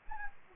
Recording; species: mosquito wingbeat signal from an infrared sensor; Anopheles arabiensis